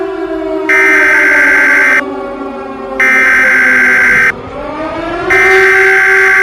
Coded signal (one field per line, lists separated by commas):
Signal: Emergency Alert System (SAME) tones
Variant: header bursts